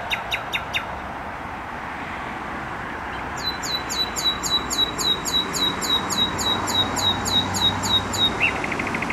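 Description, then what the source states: Nightingale song: a short burst of clicks, then a long, regular run of about seventeen sharp descending notes ending in a soft trill, against a constant low traffic roar. Singing in bushes close to a noisy motorway, Trasa Toruńska, Bródno-Podgrodzie, Warsaw, Poland; recorded with an Olympus LS-11.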